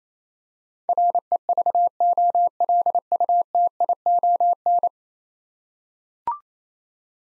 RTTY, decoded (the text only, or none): none